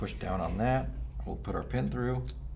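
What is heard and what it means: Someone talks while refitting the three-way assembly of a Planet Eclipse Emek 100 mechanical paintball marker, pushing it down and putting the retaining pin through. The clip ends before the pin locks into place, so nothing has seated or clicked yet.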